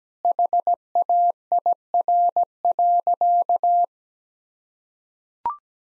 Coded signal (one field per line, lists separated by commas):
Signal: Morse code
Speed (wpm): 17 wpm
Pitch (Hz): 700 Hz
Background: none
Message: HAIR.